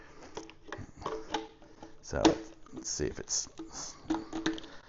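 A battery adapter holding an 18 V Ryobi tool battery, converting it to fit DeWalt tools, is handled near a cordless DeWalt power tool while someone talks. Several short handling clicks and knocks are heard, but nothing has seated or clicked into place yet.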